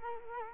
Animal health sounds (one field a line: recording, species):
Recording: mosquito wingbeat signal from an infrared sensor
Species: Culex quinquefasciatus